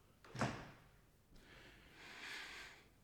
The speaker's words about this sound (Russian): Так вот, дверь прикроем.